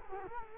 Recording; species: mosquito wingbeat signal from an infrared sensor; Culex quinquefasciatus